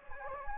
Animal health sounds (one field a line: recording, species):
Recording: mosquito wingbeat signal from an infrared sensor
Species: Anopheles gambiae